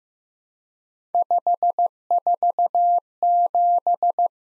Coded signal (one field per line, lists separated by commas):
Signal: Morse code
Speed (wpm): 15 wpm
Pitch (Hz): 700 Hz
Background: none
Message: 547